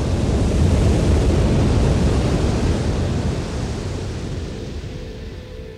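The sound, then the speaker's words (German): A heavy rush of sea water crashes over a balloon's gondola and its occupants in a broad, steady roar that slowly subsides over several seconds, with no voices present. “Das Meer schlug über der Gondel und ihren Insassen zusammen.”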